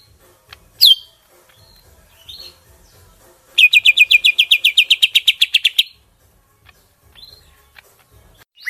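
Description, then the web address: Greater green leafbird giving a few scattered whistles, then a long rapid run of evenly repeated chips for about two seconds, ending with a sharp rising whistle. Kalimantan. "cucak ijo kalimantan"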